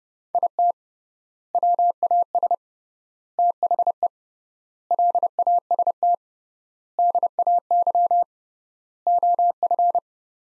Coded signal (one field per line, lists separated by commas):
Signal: Morse code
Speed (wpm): 30 wpm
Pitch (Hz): 700 Hz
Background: none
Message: IT WAS THE LAST DAY OF